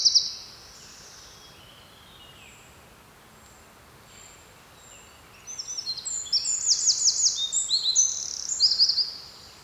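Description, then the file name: Eurasian wren song, a brief high note at the start, then a quiet gap before a rapid, high-pitched trill of repeated notes over the last few seconds. "Troglodytes troglodytes"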